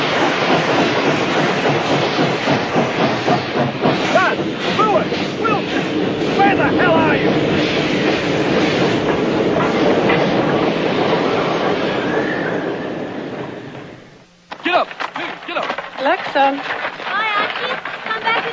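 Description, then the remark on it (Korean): A train rolls along the rails toward a rural village with a loud, steady rumbling roar and faint rhythmic clacking, fading away after about thirteen seconds before the sound cuts to a busier, voice-like passage. “그래서인지 미끄러져 오는 기차가 반갑지 않을 수 없습니다.”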